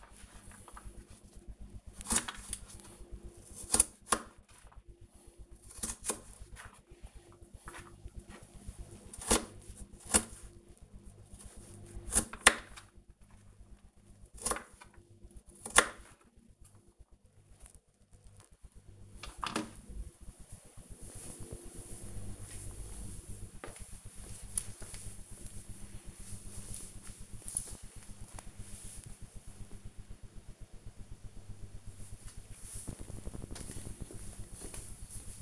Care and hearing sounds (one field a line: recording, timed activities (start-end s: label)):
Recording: household activities, microphone on the right wrist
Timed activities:
0.00-19.25 s: cutting vegetables